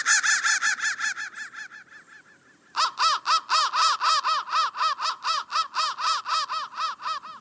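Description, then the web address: Crow caws weaken into a short silence, followed by a regular series of loud, rasping caws. "soundfactory crow 1"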